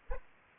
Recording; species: mosquito wingbeat signal from an infrared sensor; Aedes aegypti